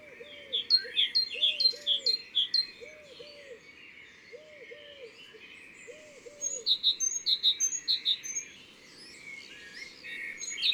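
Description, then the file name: Great tit song, bright two-note phrases repeated quickly in two bouts, with looping lower whistles from another bird. Recorded in the Drôme, France. "Mesange cherbonniere Concerts Naturels de la Drome Studio les Trois Becs"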